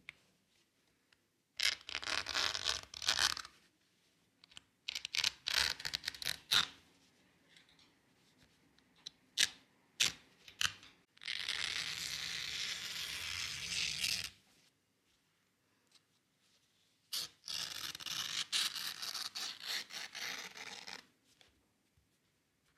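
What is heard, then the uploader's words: A seam ripper tears through cotton fabric in bursts of bright, crackling ripping. Short runs of snapping threads come around 2, 5–6 and 9–10 seconds, with longer steady tears near 11–14 and 17–21 seconds. Quiet pauses separate them. ASMR seam ripper through cotton fabric. The sounds of a stitch unpicker ripping its way through the cotton fabric.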